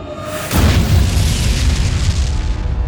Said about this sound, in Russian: Когда за его спиной взорвался мир.